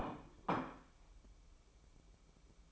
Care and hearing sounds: daily activity, microphone in the room; place plate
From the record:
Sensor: 1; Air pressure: 1007.6 hPa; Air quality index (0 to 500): 79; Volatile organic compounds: 1 ppm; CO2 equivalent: 683 ppm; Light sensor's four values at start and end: 9/22/9/10 and 9/22/9/10

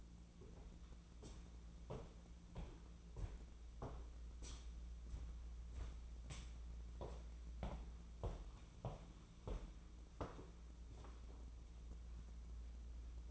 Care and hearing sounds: daily activity, microphone in the room; walk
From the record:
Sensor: 1

